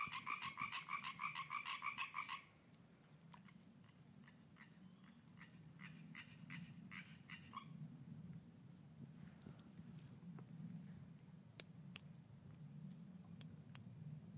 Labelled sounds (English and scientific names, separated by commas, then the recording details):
Common Tree Frog (Hyla arborea) call
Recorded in the wild
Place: Kloster, Insel Hiddensee, Mecklenburg-Vorpommern, DE
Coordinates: 54.5883, 13.1158
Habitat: lake
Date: 2012-09-10 20:15
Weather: 15°C, almost windless
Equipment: Sound Devices 702, Sennheiser MKH 415 T, Rhode Windschutz
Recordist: Frommolt, Karl-Heinz